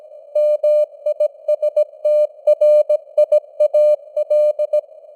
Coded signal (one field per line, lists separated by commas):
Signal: Morse code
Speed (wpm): 17 wpm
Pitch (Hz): 600 Hz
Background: none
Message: MISTRIAL